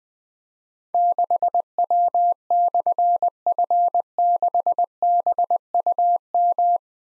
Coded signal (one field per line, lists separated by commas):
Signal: Morse code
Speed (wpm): 20 wpm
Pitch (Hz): 700 Hz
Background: none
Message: 6W/F6BUM